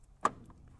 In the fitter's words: which I think I just heard it pop loose.